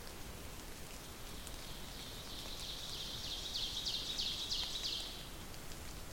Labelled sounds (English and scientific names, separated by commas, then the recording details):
Ovenbird (Seiurus aurocapilla) song
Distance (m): 70 m
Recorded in boreal forest in Alberta, Canada, on 2 June 2016 at 08:49
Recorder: SongMeter 3, array SBT-3-7
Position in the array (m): 53 m, 84 m
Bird 5